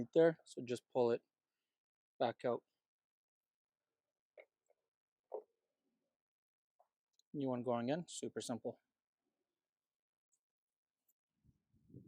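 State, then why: Not seated. On an E46, a new plastic breather valve is fitted and its hose connector is routed and lined up underneath to go onto the fuel tank vent line. Someone talks, with two brief faint taps at about 4.4 s and 5.3 s during the positioning. Nothing has seated or clicked yet.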